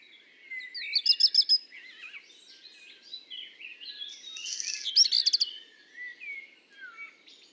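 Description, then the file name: Black redstart giving two rattling, crackly phrases a few seconds apart, separated by mellow warbled notes from another bird. Heard with common blackbird song; recorded at Le Puech on 5 June 2021. "050621-chant-de-rougequeue-noir-de-merle-noir-Le-Puech"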